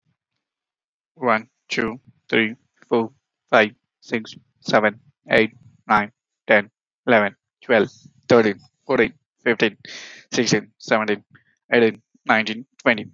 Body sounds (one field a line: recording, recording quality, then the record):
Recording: counting at a normal pace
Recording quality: excellent, no background noise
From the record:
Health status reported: healthy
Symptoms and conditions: cold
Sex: male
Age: 29 years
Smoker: no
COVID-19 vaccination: one dose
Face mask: not worn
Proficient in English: yes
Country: India